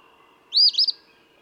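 Eastern phoebe singing one brief harsh phrase, a rising scratchy note followed by a quick stuttered ending, over quiet background.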